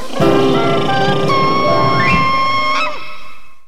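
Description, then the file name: Elephant giving a loud, sustained brassy call with rich overtones, shifting pitch partway through and ending in a brief downward slide. "Elefanten"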